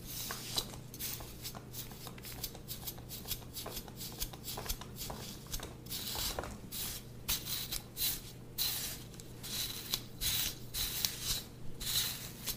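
A full scalp massage: fingers rub and scratch through hair in quick, rustling strokes that come in dense bursts, some crisp and bright. A low, steady hum runs underneath throughout, and the rubbing grows busier and louder after about seven seconds.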